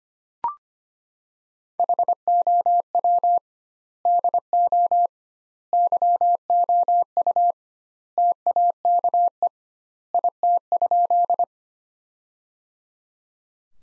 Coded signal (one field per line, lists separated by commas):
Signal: Morse code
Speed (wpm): 25 wpm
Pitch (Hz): 700 Hz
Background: none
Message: HOW DO YOU TAKE IT?